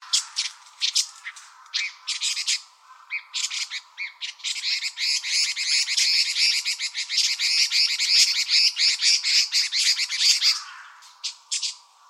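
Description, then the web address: Long-tailed tit calls: buzzy high notes at first, then a long run of rapid, rattling trills, easing back to scattered calls. 13 January 2015. "birdenaga sousityou 150113"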